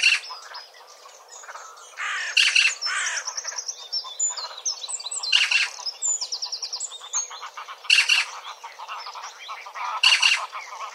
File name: Pica pica